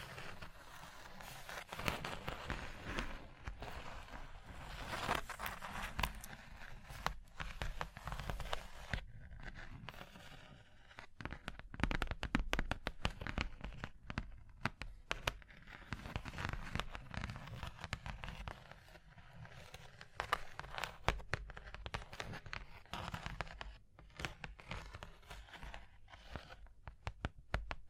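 Dense, restless surface scratching and tapping, with rapid crisp clicks and sharp bursts throughout, brief quieter lulls near ten and twenty-three seconds.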